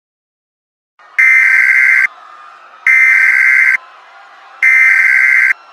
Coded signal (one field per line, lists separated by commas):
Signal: Emergency Alert System (SAME) tones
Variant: header bursts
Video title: The War to End All Wars: An EAS Scenario